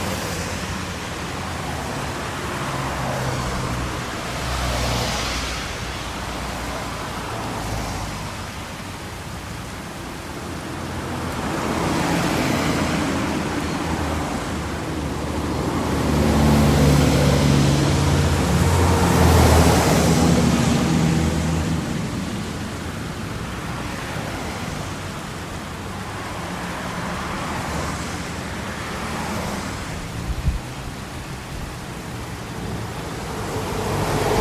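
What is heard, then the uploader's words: Traffic on a wet road, heard from inside a car as rain patters on the windows and tires hiss over the pavement. A steady, dense wash rises and falls, swelling most around 15 to 20 seconds as a vehicle splashes past, with a low rumble underneath. Traffic on a Rainy Day. As the raindrops patter against the car windows, you can hear the gentle hum of tires on wet pavement and the occasional splash of passing vehicles.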